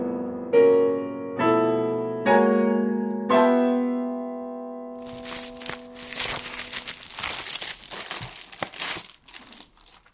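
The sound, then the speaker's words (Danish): Four ringing musical notes sound one after another, then give way to several seconds of dry, crackling paper rustling as sheets of personal papers written in Korean are shuffled and leafed through. “Så det er mine papirer. Og det er længst, når jeg kiggede i dem.”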